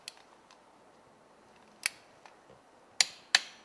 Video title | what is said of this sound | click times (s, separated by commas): 제1편[엔진] 자동차정비 (1안) 실기 | 이 소리가 나올 때까지 조임을 해주셔야 되겠습니다. | 3.0 s, 3.3 s